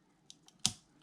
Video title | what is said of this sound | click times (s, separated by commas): Tambeyoda Reviews: Soul of Chogokin GX-88 Voltron Vehicle Force Dairugger XV | until you feel it click. | 0.7 s